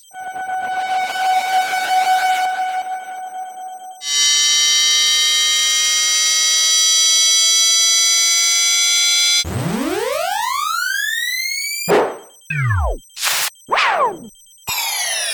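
Synthetic sound effects follow one another: a wavering electronic tone, then a dense layered drone with slowly gliding pitches. Around ten seconds a bright sweep rises steeply, and the last seconds break into quick glitchy chirps, drops and short noise bursts with gaps.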